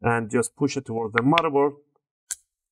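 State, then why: Seated. Someone talks while an 8 GB memory stick, replacing a 4 GB one, is inserted at a 45-degree angle into the SO-DIMM slot of a Dell Inspiron 3501 (Reg. P90F) laptop and pressed down toward the motherboard. After the talking stops, a single short, sharp click sounds at 2.3 s as the side retention clips spread and snap back over the module, seating it in the slot.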